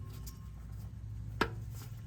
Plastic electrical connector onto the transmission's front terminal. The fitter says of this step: and then up front here you'll just push it on and it clicks right in there